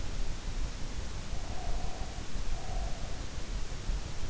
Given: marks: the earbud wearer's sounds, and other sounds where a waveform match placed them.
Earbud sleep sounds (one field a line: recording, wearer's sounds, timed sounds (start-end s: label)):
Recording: sounds in sleep by an in-ear microphone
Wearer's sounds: breath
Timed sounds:
1.46-3.28 s: breath